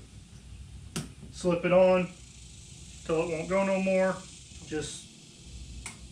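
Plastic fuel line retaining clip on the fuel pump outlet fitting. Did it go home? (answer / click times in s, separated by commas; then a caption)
yes / 5.9 s. On a 2001 XJ fuel tank install, a plastic retaining clip is slipped onto the fuel line fitting at the new fuel pump outlet, the line is pushed on as far as it goes, and the clip is slid back while someone talks. A short, sharp tick at 5.9 s is the clip clicking home, seating the line so it won't pull off.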